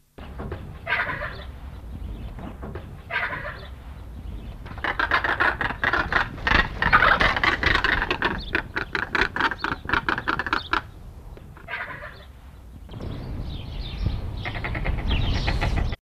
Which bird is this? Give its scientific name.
Gyps himalayensis